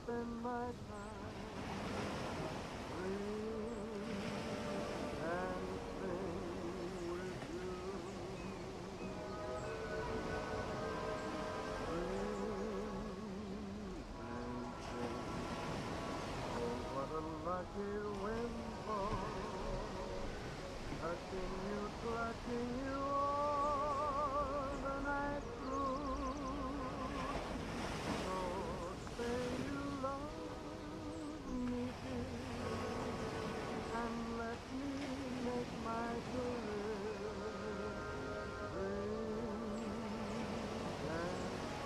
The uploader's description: ocean waves w/ birds, seagulls